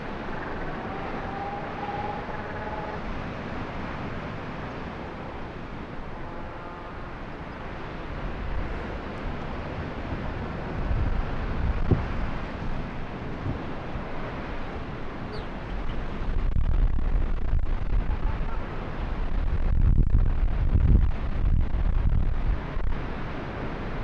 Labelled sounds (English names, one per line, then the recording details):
Arctic Fox
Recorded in the wild
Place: Insel Mednyi, Kommandeur-Inseln, RU
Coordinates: 54.5167, 168.083
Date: 1999-07-05 16:25
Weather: Nebel, 8°C
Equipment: Sony WM-D6C, Sennheiser ME 80, K 30 AV, Filter, Windkorb, Kopie Tascam DA 30
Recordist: Jakupi, Antje
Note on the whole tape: Südosten der Insel, Geröllfeld: Wechselbellen von zwei Tieren. Schlechtes Signal-Rausch-Verhältnis - starke Windgeräusche!!! Entfernung ca. 350 m